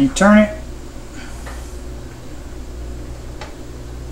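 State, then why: Seated. The metal lid of a pressure canner is turned on its pot until it locks in place. Someone talks briefly at the start, then there are faint scraping sounds from the turn and one soft hit at 3.4 s as the lid seats.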